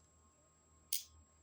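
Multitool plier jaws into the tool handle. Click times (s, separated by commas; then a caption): 0.9 s. The metal Coast Pocket Mechanic pocket multitool, picked up at a flea market and marked USA made, has its plier jaws snapped back into the tool handle once more. A single sharp, bright click lands at 0.9 s and fades within about a fifth of a second over a quiet, faintly humming background. The pliers seat fully, and the snap sounds perfect.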